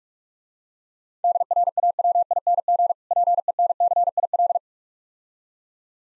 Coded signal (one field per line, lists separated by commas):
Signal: Morse code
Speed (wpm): 46 wpm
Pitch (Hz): 700 Hz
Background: none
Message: DRAWING PENCIL